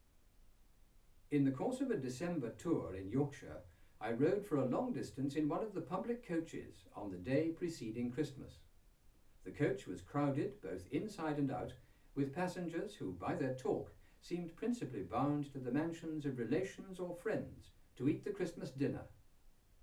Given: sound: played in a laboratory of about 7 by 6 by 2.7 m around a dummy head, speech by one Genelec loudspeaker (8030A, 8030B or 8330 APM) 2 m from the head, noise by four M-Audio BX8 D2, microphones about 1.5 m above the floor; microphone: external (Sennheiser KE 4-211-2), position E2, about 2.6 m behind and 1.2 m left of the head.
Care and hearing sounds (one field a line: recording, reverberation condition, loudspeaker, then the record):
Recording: male speech in English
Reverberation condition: low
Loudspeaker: in front (0 degrees)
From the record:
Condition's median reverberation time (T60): about 310 ms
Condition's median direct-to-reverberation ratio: about 3.5 dB